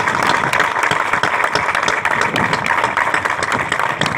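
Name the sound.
crowd applause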